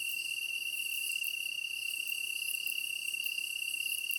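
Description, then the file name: Japanese tree cricket giving a continuous, even, high-pitched trill. Recorded 23 August 2010 at 21:22. "kantan-20100823-2122"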